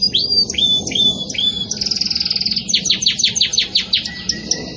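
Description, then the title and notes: Canary song: clear falling whistles repeated several times, then a quick rattle and a run of rapid downward-sweeping notes. Belgian canary singing pure "campainha" song, with pauses, for training. "Canto Canário Belga Campainha Puro Com Pausa Para Treinamento. CANARIO BELGA"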